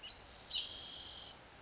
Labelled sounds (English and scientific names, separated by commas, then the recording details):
Spotted Towhee (Pipilo maculatus)
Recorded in Sonoma County, California